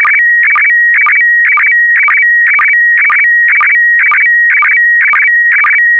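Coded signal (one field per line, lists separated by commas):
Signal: SSTV (slow-scan television)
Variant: PD120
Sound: rhythmic warbling tones, about two per second, with steady mid-pitch hum between chirps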